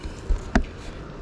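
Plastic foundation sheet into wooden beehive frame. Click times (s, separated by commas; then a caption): 0.6 s. A plastic foundation sheet is flexed under the top bar of a wooden beehive frame and pushed into the groove. After a softer knock near 0.3 seconds, a sharp snap at 0.6 seconds marks it seating into the frame.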